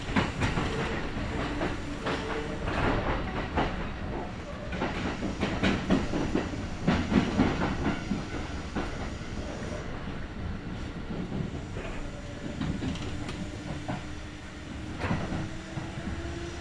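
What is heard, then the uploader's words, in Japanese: A Kintetsu Nagoya Line local train runs between Shiohama and Shiroko, its steady low rumble filling the clip. Frequent sharp clicks and clacks from the wheels come in irregular clusters, with a faint whining tone rising and falling beneath. 近鉄名古屋線各駅停車 塩浜→白子。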